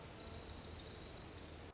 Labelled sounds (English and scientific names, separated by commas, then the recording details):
Orange-crowned Warbler (Leiothlypis celata)
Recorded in Sonoma County, California